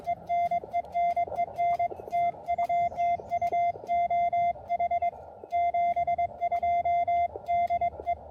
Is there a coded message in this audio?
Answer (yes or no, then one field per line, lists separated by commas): yes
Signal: Morse code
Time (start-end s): 0.1-8.1 s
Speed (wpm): 22 wpm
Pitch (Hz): 690 Hz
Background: radio noise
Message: EN EN EN TU TU OH 72 DE